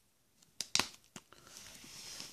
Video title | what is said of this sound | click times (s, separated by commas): FINALLY No Lift PERFECT S8 S8+ Plus SCREEN PROTECTOR ! | and it just pops right in so again looking at the edges | 0.6 s, 0.8 s